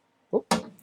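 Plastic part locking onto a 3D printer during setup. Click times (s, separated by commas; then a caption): 0.5 s. A plastic part is pressed down onto a Creality K1C 3D printer during setup until it locks into place. A softer, muffled bump at about 0.3 s is followed by a sharp, loud snap at 0.5 s that rings briefly and fades. The part is seated and locked.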